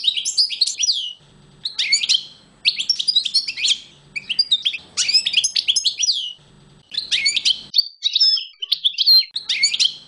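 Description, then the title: European goldfinch singing in bursts of rapid twittering and tinkling phrases, separated by short pauses. "chardonneret"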